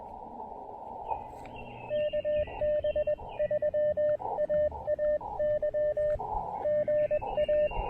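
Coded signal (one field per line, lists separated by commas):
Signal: Morse code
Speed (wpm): 21 wpm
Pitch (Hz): 590 Hz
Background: radio noise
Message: KB3AAY GA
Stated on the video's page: QRP POTA and SOTA activation with a KX2, operating on 20, 17, 10 and 15 meters.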